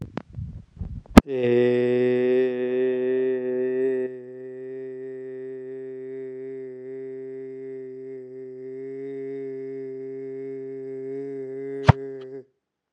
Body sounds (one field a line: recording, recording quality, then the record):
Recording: sustained vowel as in made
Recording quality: excellent, no background noise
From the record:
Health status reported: healthy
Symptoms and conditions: none ticked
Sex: male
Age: 33 years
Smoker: not ticked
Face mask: not worn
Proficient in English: yes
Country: India